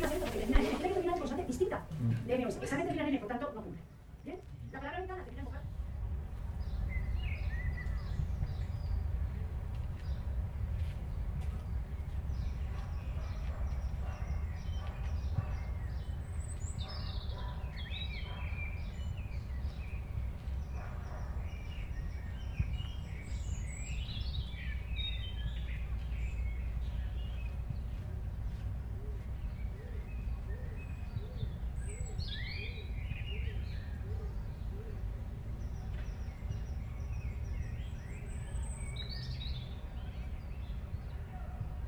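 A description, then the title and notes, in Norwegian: A city scene in Madrid opens with a few seconds of loud voices and knocks, then settles into a steady low traffic rumble. Small birds chirp and twitter on and off above the hum throughout. Lyddagbok-Madrid-April-2011.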